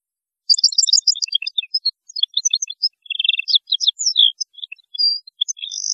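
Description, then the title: European goldfinch song, a fast continuous stream of bright tinkling twitters, trills and buzzy notes running throughout with only tiny gaps. "Chant Chardonneret"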